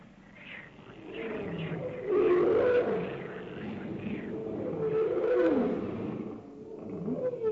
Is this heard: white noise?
no